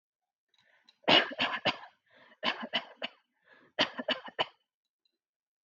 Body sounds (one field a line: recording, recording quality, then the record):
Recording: shallow voluntary cough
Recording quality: excellent, no background noise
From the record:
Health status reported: healthy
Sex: female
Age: 29 years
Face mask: not worn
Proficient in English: yes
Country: India